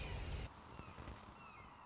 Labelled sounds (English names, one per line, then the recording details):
Red-shouldered Hawk
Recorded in Sonoma County, California